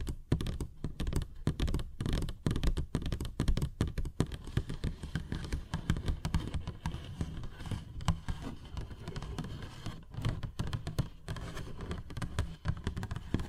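A paper bag is tapped and scratched in quick, dense bursts, with rapid irregular taps early giving way to steadier rustling scratches.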